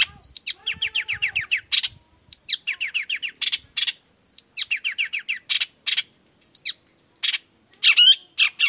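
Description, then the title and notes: Long-tailed shrike song: quick runs of falling whistled notes broken by harsh rasps and looping whistles, repeated in phrases. Energetic morning song with varied 'toet toet' notes, used as a lure to prompt other shrikes of any kind to reply quickly and open their beaks. "Cendet Gacor Dor Di Kala Pagi Toet Toet Variasi Suara. Cendet Gacor Efektif Pancingan Buat Cendet Jenis Apapun Agar Cepat Nyaut Buka Paruh. Burung cendet"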